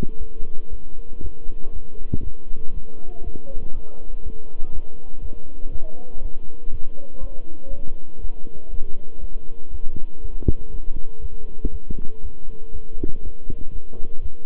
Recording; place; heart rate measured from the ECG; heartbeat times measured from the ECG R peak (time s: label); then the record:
heart sounds by stethoscope; between the tricuspid and mitral areas; 120 bpm
0.17 s: heartbeat
0.68 s: heartbeat
1.20 s: heartbeat
1.71 s: heartbeat
2.22 s: heartbeat
2.72 s: heartbeat
3.22 s: heartbeat
3.72 s: heartbeat
4.21 s: heartbeat
4.71 s: heartbeat
5.20 s: heartbeat
5.70 s: heartbeat
6.20 s: heartbeat
6.69 s: heartbeat
7.19 s: heartbeat
7.69 s: heartbeat
8.19 s: heartbeat
8.69 s: heartbeat
9.19 s: heartbeat
9.70 s: heartbeat
10.20 s: heartbeat
10.70 s: heartbeat
11.20 s: heartbeat
11.70 s: heartbeat
12.21 s: heartbeat
12.71 s: heartbeat
13.21 s: heartbeat
13.71 s: heartbeat
14.20 s: heartbeat
From the record:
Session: walking at 3.7 km/h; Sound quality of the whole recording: good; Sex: male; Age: 26 years